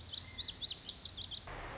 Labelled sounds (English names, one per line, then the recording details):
Lazuli Bunting
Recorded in Sonoma County, California